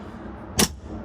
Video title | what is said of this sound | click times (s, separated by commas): Gator FX Hard Quad-Fold Truck Bed Tonneau Cover INSTALL! F-150 2015, 2016, 2017, 2018, 2019, 2020 | Hear the click, you want to make sure it actually clicks | 0.6 s